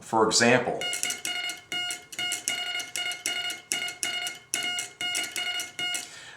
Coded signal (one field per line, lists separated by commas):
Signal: Morse code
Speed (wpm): 31 wpm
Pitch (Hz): 2850 Hz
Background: speech, music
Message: TEST THIS IS A NST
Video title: How to Properly Adjust and Use a Vibroplex Bug